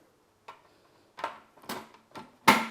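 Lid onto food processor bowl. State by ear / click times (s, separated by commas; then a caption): seated / 2.5 s. A plastic lid is placed on a Cuisinart food processor bowl and turned, making light plastic knocks at about 0.5, 1.2, 1.7 and 2.2 seconds. A louder, sharper click at 2.5 seconds marks the lid locking into place on the bowl.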